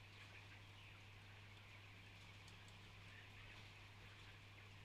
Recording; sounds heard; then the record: poultry house recording; healthy chickens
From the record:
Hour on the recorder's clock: 14